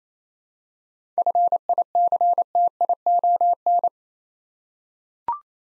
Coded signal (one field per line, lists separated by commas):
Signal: Morse code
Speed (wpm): 27 wpm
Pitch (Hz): 700 Hz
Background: none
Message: FICTION